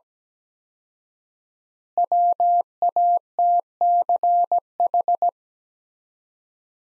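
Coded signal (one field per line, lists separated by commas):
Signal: Morse code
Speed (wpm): 17 wpm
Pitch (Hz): 700 Hz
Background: none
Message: WATCH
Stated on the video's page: Morse practice sentences built from the top 300 words at 17 wpm with 4x word spacing, a word-based analogue of Farnsworth spacing.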